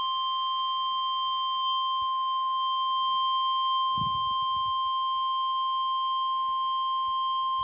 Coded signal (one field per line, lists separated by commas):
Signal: Emergency Alert System (SAME) tones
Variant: 1050 Hz attention tone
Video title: [EAS Timeline] South Carolina Tornado Outbreak 04-13-2020 EAS #37-46